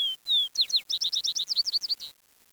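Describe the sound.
Bird song: two thin, high, slightly falling whistles, then a quick run of many sharp, high chirped notes, ending abruptly before a quiet pause.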